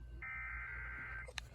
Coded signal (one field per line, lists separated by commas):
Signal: Emergency Alert System (SAME) tones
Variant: header bursts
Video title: EAS #110-113 - Severe Thunderstorm Warning (07/18/2021)